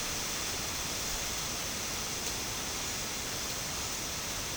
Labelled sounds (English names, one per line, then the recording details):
none
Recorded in secondary vegetation near Puerto Asís, Putumayo, Colombia, on 21 March 2025 at 12:30
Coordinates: 0.485, -76.322
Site G040